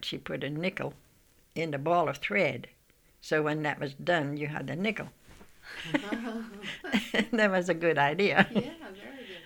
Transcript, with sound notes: She put a nickel in the ball of thread, so when that was done you had the nickel. ( they laugh ) That was a good idea.
Yeah, very good.